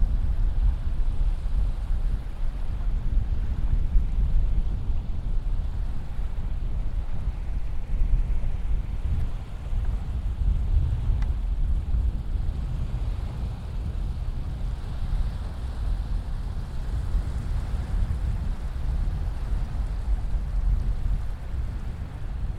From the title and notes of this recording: These relaxing sounds are coming to you from Jacob's Beach. 6:30 pm.